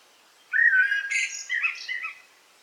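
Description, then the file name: Eurasian blackbird song phrase, a single short burst of mellow warbled notes followed by higher twittering, over a faint hiss. In forest, 8 July 2018. "180708 blackbird forest"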